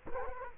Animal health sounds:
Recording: mosquito wingbeat signal from an infrared sensor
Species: Culex quinquefasciatus

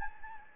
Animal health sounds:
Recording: mosquito wingbeat signal from an infrared sensor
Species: Anopheles gambiae

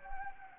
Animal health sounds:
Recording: mosquito wingbeat signal from an infrared sensor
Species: Anopheles gambiae

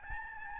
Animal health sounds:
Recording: mosquito wingbeat signal from an infrared sensor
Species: Aedes albopictus

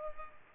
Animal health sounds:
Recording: mosquito wingbeat signal from an infrared sensor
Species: Culex pipiens

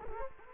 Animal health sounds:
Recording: mosquito wingbeat signal from an infrared sensor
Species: Culex quinquefasciatus

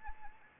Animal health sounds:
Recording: mosquito wingbeat signal from an infrared sensor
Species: Anopheles arabiensis

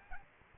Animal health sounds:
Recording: mosquito wingbeat signal from an infrared sensor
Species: Aedes albopictus

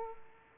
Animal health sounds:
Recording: mosquito wingbeat signal from an infrared sensor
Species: Aedes aegypti

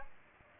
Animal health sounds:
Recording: mosquito wingbeat signal from an infrared sensor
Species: Aedes aegypti

